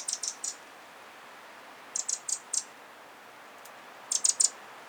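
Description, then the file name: Eurasian wren giving hard, high ticking calls in quick bursts of three or four, each burst about two seconds apart, over faint steady hiss. "Troglodytes troglodytes"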